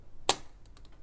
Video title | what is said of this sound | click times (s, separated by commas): Locomotora: Renfe 333.001.6 "Rambo" de Roco con El Taller del Modelista (2ª Parte) | ya he hecho ese clic y se ha quedado totalmente encajada | 0.3 s